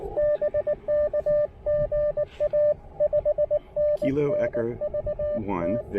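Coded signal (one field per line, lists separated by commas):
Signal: Morse code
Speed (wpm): 18 wpm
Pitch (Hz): 600 Hz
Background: speech, radio noise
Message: BK GA 5NN VT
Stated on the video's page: POTA portable QRP activation on the Pamlico Sound with Icom IC-705 transceiver and Elecraft AX1 antenna.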